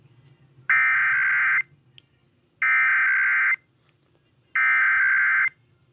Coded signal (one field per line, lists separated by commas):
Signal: Emergency Alert System (SAME) tones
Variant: header bursts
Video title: EAS #26-31: SW ND High Wing Warning,Kansas RMT, Olmsted 911 Outage, DC, VA Amber Alert, & NOAA RWT